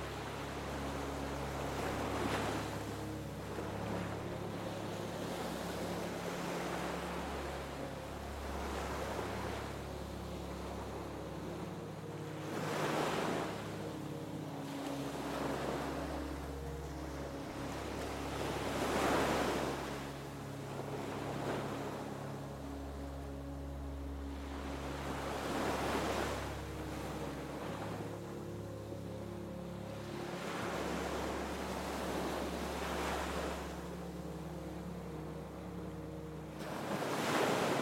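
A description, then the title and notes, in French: Soft, slow music with deep sustained low notes and gentle held tones plays alongside soothing ocean waves. Surf swells up and washes through every five to six seconds, each surge hissing brightly before fading, while the music stays steady and calm underneath. Plongez dans un sommeil profond et réparateur avec l'harmonie de notre douce musique et du son apaisant des vagues.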